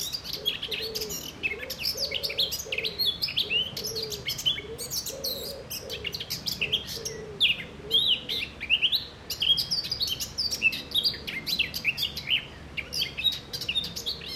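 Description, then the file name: Eurasian blackcap warbling steadily in a dense jumble of high twittering notes, while a lower, soft pulsing sound repeats underneath. "Sylvia atricapilla"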